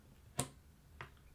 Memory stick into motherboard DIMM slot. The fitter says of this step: push them in to hear the click